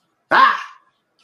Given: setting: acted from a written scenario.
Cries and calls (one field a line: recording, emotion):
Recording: vocal sound without words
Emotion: negative surprise